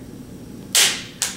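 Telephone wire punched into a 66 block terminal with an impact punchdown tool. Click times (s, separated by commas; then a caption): 0.8 s. The blade of an impact punchdown tool is slid over the tines of a 66 block terminal and pressed, and the impact mechanism fires with a sharp, bright click at 0.8 s that seats the copper telephone wire and shears off its end. A second, shorter snap follows at 1.2 s over a quiet low background.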